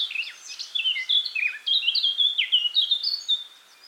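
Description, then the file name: Eurasian blackcap song: quick sequence of clear, slurred whistles and chirps, some sliding downward, delivered continuously for nearly four seconds. "Sylvia atricapilla"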